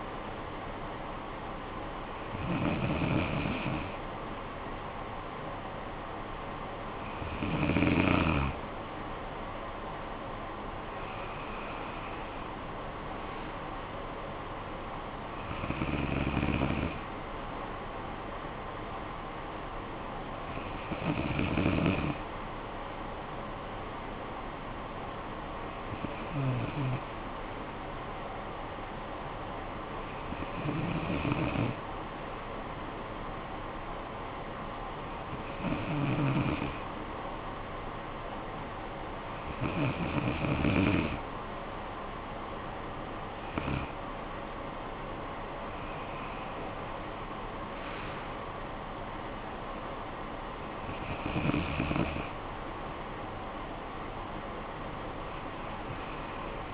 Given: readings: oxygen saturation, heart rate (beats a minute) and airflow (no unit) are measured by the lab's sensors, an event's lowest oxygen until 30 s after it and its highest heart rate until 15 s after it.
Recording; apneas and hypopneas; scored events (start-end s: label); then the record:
breathing in sleep by a voice recorder at the bedside; none
none scored
From the record:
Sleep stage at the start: N2 (light sleep); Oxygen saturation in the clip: 94 to 95%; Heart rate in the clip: 50 to 72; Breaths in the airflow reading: 12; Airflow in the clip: -13.2 to 7.2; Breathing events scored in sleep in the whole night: 445 in 7.6 hours asleep